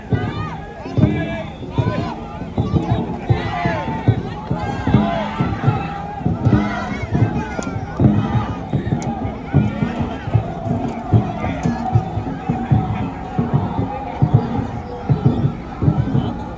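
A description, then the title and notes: Crowd noise at a dragon boat race festival, with many voices talking and calling at once, dense throughout. A steady rhythmic thumping, like drumming, runs underneath the chatter, with occasional louder shouts rising above the busy outdoor din. Dragon Boat Race Festival in Tuen Mun Hong Kong.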